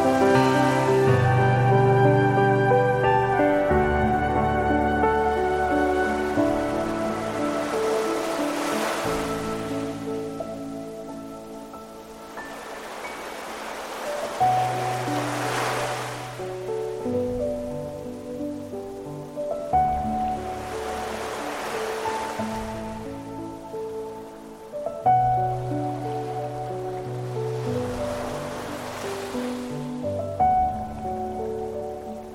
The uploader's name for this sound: Piano and flute with sounds of the sea